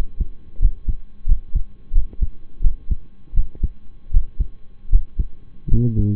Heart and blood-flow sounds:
heart sounds by stethoscope; between the tricuspid and mitral areas; 82 bpm
0.59 s: heartbeat
1.25 s: heartbeat
1.92 s: heartbeat
2.61 s: heartbeat
3.33 s: heartbeat
4.10 s: heartbeat
4.89 s: heartbeat
5.68 s: heartbeat
From the record:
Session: rest, lying down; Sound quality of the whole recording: partially saturated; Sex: male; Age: 25 years

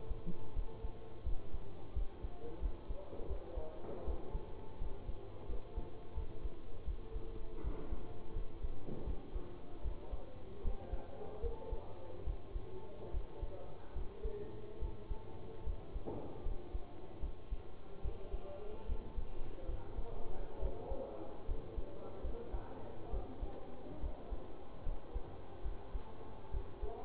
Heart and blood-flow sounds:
heart sounds by stethoscope; between the tricuspid and mitral areas; 76 bpm
0.54 s: heartbeat
1.24 s: heartbeat
1.94 s: heartbeat
2.60 s: heartbeat
3.28 s: heartbeat
4.05 s: heartbeat
4.79 s: heartbeat
5.47 s: heartbeat
6.15 s: heartbeat
6.85 s: heartbeat
7.62 s: heartbeat
8.34 s: heartbeat
9.05 s: heartbeat
9.83 s: heartbeat
10.63 s: heartbeat
11.41 s: heartbeat
12.25 s: heartbeat
13.12 s: heartbeat
13.94 s: heartbeat
14.80 s: heartbeat
15.64 s: heartbeat
16.43 s: heartbeat
17.20 s: heartbeat
18.02 s: heartbeat
18.87 s: heartbeat
19.66 s: heartbeat
20.60 s: heartbeat
21.46 s: heartbeat
22.22 s: heartbeat
23.11 s: heartbeat
24.01 s: heartbeat
24.84 s: heartbeat
25.63 s: heartbeat
26.51 s: heartbeat
From the record:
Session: bicycle stress test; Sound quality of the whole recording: good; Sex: male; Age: 24 years

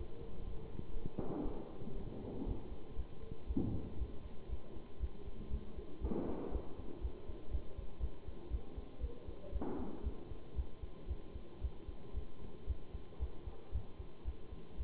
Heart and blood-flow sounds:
heart sounds by stethoscope; between the tricuspid and mitral areas; 117 bpm
0.43 s: heartbeat
0.93 s: heartbeat
1.43 s: heartbeat
1.93 s: heartbeat
2.44 s: heartbeat
2.95 s: heartbeat
3.46 s: heartbeat
3.97 s: heartbeat
4.48 s: heartbeat
4.99 s: heartbeat
5.49 s: heartbeat
6.00 s: heartbeat
6.51 s: heartbeat
7.00 s: heartbeat
7.50 s: heartbeat
7.99 s: heartbeat
8.49 s: heartbeat
8.99 s: heartbeat
9.51 s: heartbeat
10.02 s: heartbeat
10.55 s: heartbeat
11.07 s: heartbeat
11.60 s: heartbeat
12.13 s: heartbeat
12.66 s: heartbeat
13.18 s: heartbeat
13.71 s: heartbeat
14.24 s: heartbeat
14.76 s: heartbeat
From the record:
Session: Bruce protocol treadmill stress test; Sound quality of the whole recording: good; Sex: male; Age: 23 years

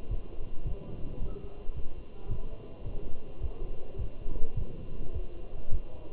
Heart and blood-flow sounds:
heart sounds by stethoscope; between the tricuspid and mitral areas; 107 bpm
0.11 s: heartbeat
0.67 s: heartbeat
1.22 s: heartbeat
1.76 s: heartbeat
2.31 s: heartbeat
2.86 s: heartbeat
3.42 s: heartbeat
3.99 s: heartbeat
4.57 s: heartbeat
5.14 s: heartbeat
5.72 s: heartbeat
From the record:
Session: walking at 3.7 km/h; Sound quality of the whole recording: good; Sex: male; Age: 27 years

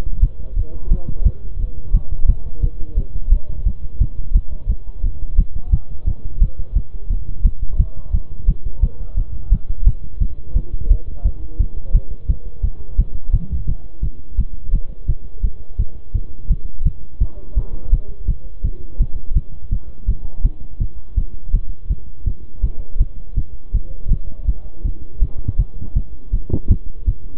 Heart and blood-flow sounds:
heart sounds by stethoscope; between the tricuspid and mitral areas; 170 bpm
0.23 s: heartbeat
0.57 s: heartbeat
0.92 s: heartbeat
1.26 s: heartbeat
1.60 s: heartbeat
1.95 s: heartbeat
2.29 s: heartbeat
2.63 s: heartbeat
2.98 s: heartbeat
3.32 s: heartbeat
3.66 s: heartbeat
4.01 s: heartbeat
4.35 s: heartbeat
4.69 s: heartbeat
5.04 s: heartbeat
5.39 s: heartbeat
5.73 s: heartbeat
6.07 s: heartbeat
6.42 s: heartbeat
6.76 s: heartbeat
7.10 s: heartbeat
7.45 s: heartbeat
7.80 s: heartbeat
8.14 s: heartbeat
8.49 s: heartbeat
8.83 s: heartbeat
9.17 s: heartbeat
9.52 s: heartbeat
9.87 s: heartbeat
10.21 s: heartbeat
10.56 s: heartbeat
10.91 s: heartbeat
11.25 s: heartbeat
11.60 s: heartbeat
11.95 s: heartbeat
12.29 s: heartbeat
12.64 s: heartbeat
12.99 s: heartbeat
13.34 s: heartbeat
13.68 s: heartbeat
14.03 s: heartbeat
14.39 s: heartbeat
14.74 s: heartbeat
15.08 s: heartbeat
15.44 s: heartbeat
15.79 s: heartbeat
16.15 s: heartbeat
16.50 s: heartbeat
16.86 s: heartbeat
17.21 s: heartbeat
17.57 s: heartbeat
17.93 s: heartbeat
18.28 s: heartbeat
18.64 s: heartbeat
19.00 s: heartbeat
19.36 s: heartbeat
19.72 s: heartbeat
20.08 s: heartbeat
20.45 s: heartbeat
20.80 s: heartbeat
21.17 s: heartbeat
21.54 s: heartbeat
21.90 s: heartbeat
22.26 s: heartbeat
22.64 s: heartbeat
23.00 s: heartbeat
23.37 s: heartbeat
23.74 s: heartbeat
24.11 s: heartbeat
24.48 s: heartbeat
24.85 s: heartbeat
25.22 s: heartbeat
25.59 s: heartbeat
25.96 s: heartbeat
26.33 s: heartbeat
26.71 s: heartbeat
27.08 s: heartbeat
From the record:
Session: bicycle stress test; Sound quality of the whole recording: good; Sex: male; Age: 23 years

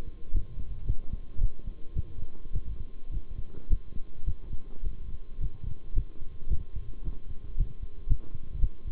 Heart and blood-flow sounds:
heart sounds by stethoscope; between the tricuspid and mitral areas; 109 bpm
0.34 s: heartbeat
0.87 s: heartbeat
1.40 s: heartbeat
1.95 s: heartbeat
2.53 s: heartbeat
3.11 s: heartbeat
3.69 s: heartbeat
4.26 s: heartbeat
4.83 s: heartbeat
5.40 s: heartbeat
5.95 s: heartbeat
6.50 s: heartbeat
7.04 s: heartbeat
7.57 s: heartbeat
8.09 s: heartbeat
8.61 s: heartbeat
From the record:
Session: bicycle stress test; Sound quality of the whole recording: good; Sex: male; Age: 23 years

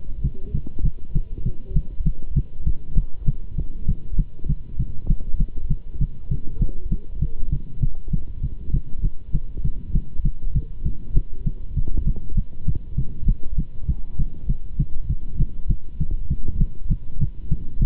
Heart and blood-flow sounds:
heart sounds by stethoscope; between the tricuspid and mitral areas; 198 bpm
0.23 s: heartbeat
0.53 s: heartbeat
0.84 s: heartbeat
1.14 s: heartbeat
1.44 s: heartbeat
1.75 s: heartbeat
2.05 s: heartbeat
2.35 s: heartbeat
2.65 s: heartbeat
2.96 s: heartbeat
3.26 s: heartbeat
3.57 s: heartbeat
3.87 s: heartbeat
4.18 s: heartbeat
4.48 s: heartbeat
4.78 s: heartbeat
5.09 s: heartbeat
5.39 s: heartbeat
5.69 s: heartbeat
6.00 s: heartbeat
6.30 s: heartbeat
6.60 s: heartbeat
6.90 s: heartbeat
7.21 s: heartbeat
7.51 s: heartbeat
7.81 s: heartbeat
8.11 s: heartbeat
8.42 s: heartbeat
8.73 s: heartbeat
9.03 s: heartbeat
9.33 s: heartbeat
9.63 s: heartbeat
9.94 s: heartbeat
10.24 s: heartbeat
10.54 s: heartbeat
10.84 s: heartbeat
11.15 s: heartbeat
11.45 s: heartbeat
11.75 s: heartbeat
12.06 s: heartbeat
12.36 s: heartbeat
12.66 s: heartbeat
12.97 s: heartbeat
13.27 s: heartbeat
13.57 s: heartbeat
13.87 s: heartbeat
14.18 s: heartbeat
14.48 s: heartbeat
14.78 s: heartbeat
15.08 s: heartbeat
15.38 s: heartbeat
15.69 s: heartbeat
15.99 s: heartbeat
16.29 s: heartbeat
16.59 s: heartbeat
16.90 s: heartbeat
17.20 s: heartbeat
17.50 s: heartbeat
17.80 s: heartbeat
From the record:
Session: Bruce protocol treadmill stress test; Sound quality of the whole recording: good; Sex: male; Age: 24 years

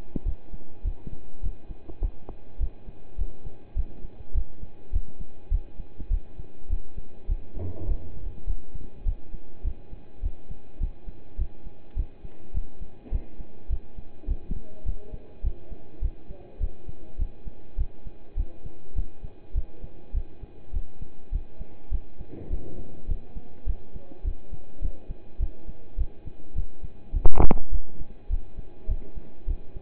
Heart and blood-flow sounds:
heart sounds by stethoscope; between the tricuspid and mitral areas; 103 bpm
0.25 s: heartbeat
0.84 s: heartbeat
1.42 s: heartbeat
2.01 s: heartbeat
2.60 s: heartbeat
3.18 s: heartbeat
3.76 s: heartbeat
4.34 s: heartbeat
4.92 s: heartbeat
5.51 s: heartbeat
6.10 s: heartbeat
6.69 s: heartbeat
7.28 s: heartbeat
7.87 s: heartbeat
8.46 s: heartbeat
9.05 s: heartbeat
9.64 s: heartbeat
10.22 s: heartbeat
10.80 s: heartbeat
11.38 s: heartbeat
11.96 s: heartbeat
12.54 s: heartbeat
13.11 s: heartbeat
13.69 s: heartbeat
14.27 s: heartbeat
14.85 s: heartbeat
15.43 s: heartbeat
16.01 s: heartbeat
16.60 s: heartbeat
17.18 s: heartbeat
17.77 s: heartbeat
18.36 s: heartbeat
18.95 s: heartbeat
19.54 s: heartbeat
20.13 s: heartbeat
20.73 s: heartbeat
21.32 s: heartbeat
21.91 s: heartbeat
22.50 s: heartbeat
23.08 s: heartbeat
23.66 s: heartbeat
24.24 s: heartbeat
24.81 s: heartbeat
25.39 s: heartbeat
25.97 s: heartbeat
26.55 s: heartbeat
27.13 s: heartbeat
27.71 s: heartbeat
28.29 s: heartbeat
28.88 s: heartbeat
29.47 s: heartbeat
From the record:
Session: pedaling a stationary bicycle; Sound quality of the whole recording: partially saturated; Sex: male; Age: 27 years

